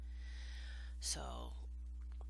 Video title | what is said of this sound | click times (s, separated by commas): Scan N cut pen holder using the Cricut pens candy shop and wildflower | yeah, it just slides around. It won't lock in place. | none